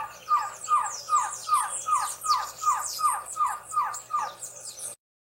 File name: canto do surucua de barriga amarela